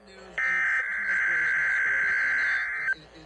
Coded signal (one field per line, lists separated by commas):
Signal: Emergency Alert System (SAME) tones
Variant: header bursts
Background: speech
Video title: Required weekly test